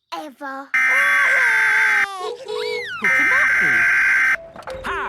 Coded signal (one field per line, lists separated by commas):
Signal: Emergency Alert System (SAME) tones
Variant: header bursts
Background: speech